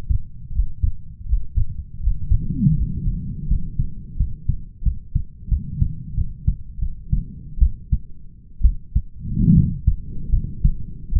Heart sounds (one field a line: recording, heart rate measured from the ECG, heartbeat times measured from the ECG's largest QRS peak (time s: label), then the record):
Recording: heart sounds by stethoscope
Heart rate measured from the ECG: 79 bpm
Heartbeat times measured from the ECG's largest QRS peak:
0.51 s: heartbeat
1.25 s: heartbeat
1.99 s: heartbeat
2.74 s: heartbeat
3.47 s: heartbeat
4.16 s: heartbeat
4.82 s: heartbeat
5.48 s: heartbeat
6.14 s: heartbeat
6.79 s: heartbeat
7.58 s: heartbeat
8.61 s: heartbeat
9.52 s: heartbeat
10.29 s: heartbeat
11.12 s: heartbeat
From the record:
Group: healthy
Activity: Valsalva maneuver 0-5 s, rest 5-11 s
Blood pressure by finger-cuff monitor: 113/79 mmHg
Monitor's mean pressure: 88 mmHg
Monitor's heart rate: 82 bpm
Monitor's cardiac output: 6.2 L/min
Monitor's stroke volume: 72 mL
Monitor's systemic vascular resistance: 920 dyn s/cm5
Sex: male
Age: 21 years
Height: 170 cm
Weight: 71 kg